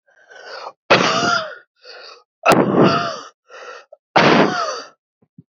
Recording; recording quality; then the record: heavy voluntary cough; excellent, no background noise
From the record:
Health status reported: COVID-19 positive, mild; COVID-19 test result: positive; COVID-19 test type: RT-PCR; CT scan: not taken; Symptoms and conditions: cold, sore throat, fever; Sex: male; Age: 24 years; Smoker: no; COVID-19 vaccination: both doses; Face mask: not worn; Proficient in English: no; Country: India